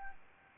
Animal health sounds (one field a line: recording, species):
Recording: mosquito wingbeat signal from an infrared sensor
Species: Anopheles arabiensis